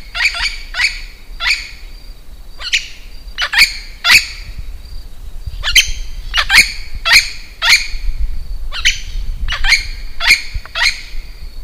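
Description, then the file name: Yellow-chevroned parakeet giving harsh, shrill screeching notes, some in quick pairs, in a rapid irregular series, over a low background rumble. "canto do periquito de encontro amarelo"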